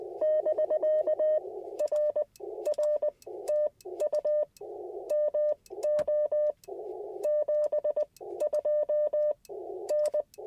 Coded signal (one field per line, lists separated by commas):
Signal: Morse code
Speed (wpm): 20 wpm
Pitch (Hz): 600 Hz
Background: none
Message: <BK> R R TU MO 72 N